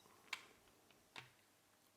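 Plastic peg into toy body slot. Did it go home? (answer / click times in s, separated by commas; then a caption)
yes / 0.3 s. A plastic peg on a hinged section of a Jinbao oversized Transformers Devastator robot toy is pushed into its slot on the toy body and clips in with a sharp, bright click at 0.3 s. A faint tick follows near 0.9 s and a second, softer click at 1.2 s. The peg is seated.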